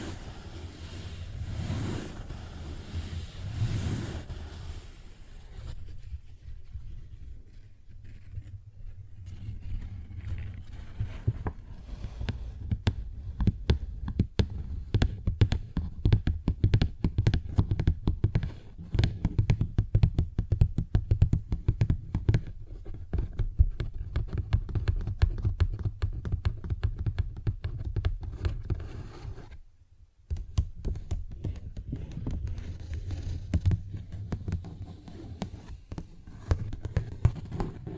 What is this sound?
Paper Bag Tapping and Scratching Sounds